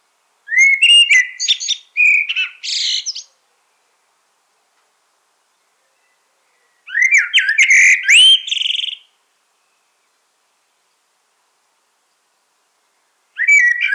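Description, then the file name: Common blackbird singing repeated warbled phrases, low whistles leading into thin chattering trills, spaced several seconds apart with a third phrase starting at the end. "Turdus merula"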